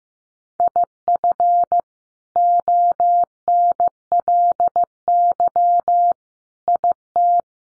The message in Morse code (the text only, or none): IF ONLY IT